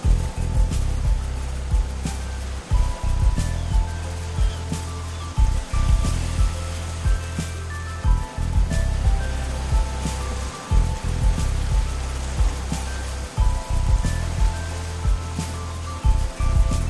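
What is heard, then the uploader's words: An evening walk along the beach, carried by a steady, heavy low rumble that never lets up. Sharp thuds and clicks break in every second or so at uneven intervals, and faint, thin tones hover in the background. Evening Walk Along The Beach. The summer walk on the beach.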